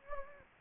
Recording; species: mosquito wingbeat signal from an infrared sensor; Anopheles gambiae